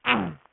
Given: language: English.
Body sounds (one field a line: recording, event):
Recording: throat vibration sensor signal played as sound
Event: throat clearing